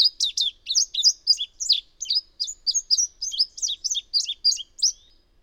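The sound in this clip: Bird song, an unbroken stream of bright, high chirps and twitters delivered at a fast steady pace throughout.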